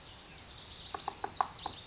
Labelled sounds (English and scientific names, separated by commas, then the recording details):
Lazuli Bunting (Passerina amoena)
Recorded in Sonoma County, California